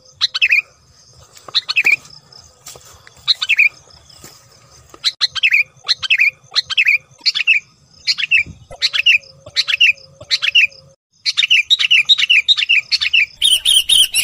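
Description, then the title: Lovebird calls, sharp high chirps repeated at a steady pace, then a faster run of chirps at the end. Used as a lure sound for trapping birds. "PIKAT BURUNG LOVEBIRD"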